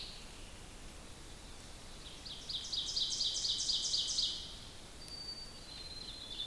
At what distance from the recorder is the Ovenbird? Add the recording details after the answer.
about 45 m. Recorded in boreal forest in Alberta, Canada, on 2 June 2016 at 06:27. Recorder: SongMeter 3, array SBT-3-7. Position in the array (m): 49 m, 148 m. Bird 4